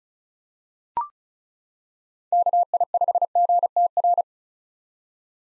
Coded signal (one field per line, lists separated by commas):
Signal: Morse code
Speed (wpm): 36 wpm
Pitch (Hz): 700 Hz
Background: none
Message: KI5GTR